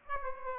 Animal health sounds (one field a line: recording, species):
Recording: mosquito wingbeat signal from an infrared sensor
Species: Aedes aegypti